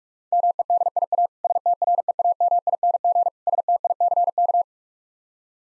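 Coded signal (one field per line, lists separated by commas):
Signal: Morse code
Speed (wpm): 45 wpm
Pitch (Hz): 700 Hz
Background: none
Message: MEDIA STREAMING STICK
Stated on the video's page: Morse code copying practice at 35 wpm with contextual hints, difficult words.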